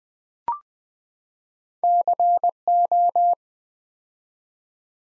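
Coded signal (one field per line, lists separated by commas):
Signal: Morse code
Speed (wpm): 20 wpm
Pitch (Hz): 700 Hz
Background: none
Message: CO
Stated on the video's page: Morse practice at 20 wpm: 4-letter words built two letters at a time for instant character recognition.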